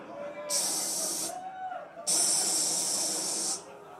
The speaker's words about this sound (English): More steam, more steam.